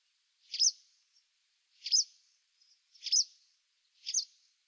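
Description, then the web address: White wagtail producing four clipped, high-pitched calls at slightly irregular intervals, with soft faint notes between them. "cianscape birddata Deverinetal 2025"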